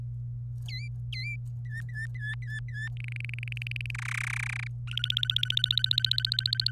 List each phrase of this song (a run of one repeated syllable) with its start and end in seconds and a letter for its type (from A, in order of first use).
0.68-1.36 A, 1.65-2.88 B, 2.97-3.91 C, 3.95-4.67 D, 4.87-6.71 E